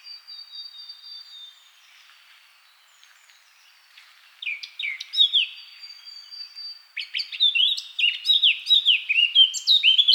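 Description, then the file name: Eurasian blackcap song: faint thin whistles at first, then louder warbling from about four seconds, ending in a strong run of fluty, falling notes. "Sylvia atricapilla"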